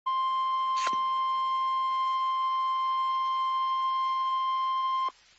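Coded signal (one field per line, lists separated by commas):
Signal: Emergency Alert System (SAME) tones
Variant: 1050 Hz attention tone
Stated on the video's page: Real Fire Warning relayed by a National Weather Service office at an emergency management agency's request.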